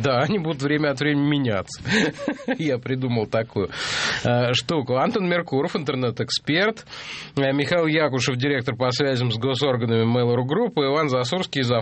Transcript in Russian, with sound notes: Да, они будут время от времени меняться, (смеется) я придумал такую штуку. Антон Меркуров, интернет-эксперт, Михаил Якушев, директор по связям с госорганами Mail.ru Group, и Иван Засурский, зав.